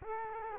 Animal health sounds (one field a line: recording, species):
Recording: mosquito wingbeat signal from an infrared sensor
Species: Culex quinquefasciatus